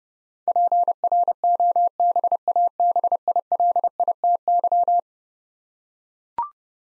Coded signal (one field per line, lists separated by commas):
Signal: Morse code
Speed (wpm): 32 wpm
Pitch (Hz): 700 Hz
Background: none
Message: PROBABILITY